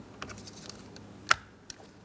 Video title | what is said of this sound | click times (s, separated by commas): How to Replace Front Interior Door Handles 2003-2007 Cadillac CTS | Audible click from that. And it's secure. | 1.3 s